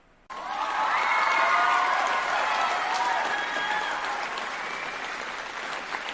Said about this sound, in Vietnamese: Thanh âm của Dương Viễn vừa ngừng, thì bên trong hội trường đã vang lên tiếng vỗ tay như tiếng sấm nổ. Sau tràng vỗ tay náo nhiệt, buổi lễ từ thiện đã chính thức bắt đầu.